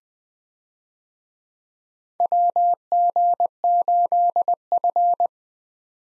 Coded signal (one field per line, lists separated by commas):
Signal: Morse code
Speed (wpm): 21 wpm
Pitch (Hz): 700 Hz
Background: none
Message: WG8F